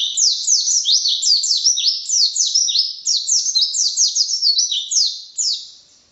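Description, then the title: White-eye singing continuously, with fast high chirps and slurred notes tumbling in a lively, uneven rhythm. Song style called 'racun', with canary-like variations ('variasi kenari'), rapid bursts ('tembakan') and nonstop singing ('gacor'); 2015. "Pleci RACUN (Variasi kenari , Tembakan , Gacor , new 2015 )"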